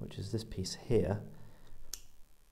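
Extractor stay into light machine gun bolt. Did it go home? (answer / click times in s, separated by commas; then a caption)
yes / 1.9 s. A steel extractor stay is pressed back into its seat over the extractor spring on a BREN Mk.3 light machine gun bolt while someone talks. It seats with a single sharp, small click at 1.9 s.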